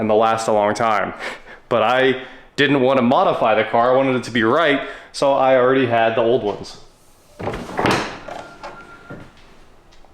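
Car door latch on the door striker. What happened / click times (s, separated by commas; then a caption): The car door latch caught and held / 8.6 s. Someone talks, then a McLaren car door fitted with a retrofitted soft-close latch is closed onto its door striker. A broadband closing noise rises around 7.5–8 s, and the latch catches with a click at 8.6 s, leaving the door latched and seated.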